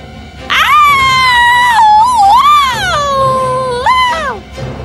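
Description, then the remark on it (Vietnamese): A long, piercing scream in a fairy tale, sounding in Prince Marco's ears as he reaches his arm to the water of a basin; it wavers and bends in pitch, rising and dipping over about four seconds before trailing off with a final upward shriek. “Chàng đưa cánh tay lên mặt nước và ngay lập tức một tiếng thét vang lên trong tai chàng.”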